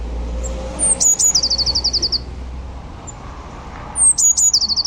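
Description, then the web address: Eurasian blue tit giving two calls, each a couple of piercing high notes that run straight into a rapid, slightly lower trill; faint low rumble underneath. "cianscape. Deverinetal"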